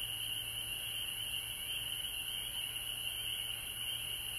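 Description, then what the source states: Frogs trilling together in a continuous high-pitched chorus that barely changes, with a faint low hum and steady background hiss. Frogs recorded at home in Georgia on March 19, 2020.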